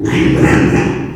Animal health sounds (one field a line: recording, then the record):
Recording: squeal of a Yucatan mini pig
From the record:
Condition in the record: after surgery on the right vocal fold (resection and tissue-engineered implant)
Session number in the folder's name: 4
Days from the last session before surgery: 42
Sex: male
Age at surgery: 12 weeks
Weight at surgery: 13 kg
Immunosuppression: cyclosporine, prednisolone